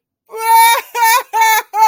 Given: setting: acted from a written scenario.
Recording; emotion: vocal sound without words; sadness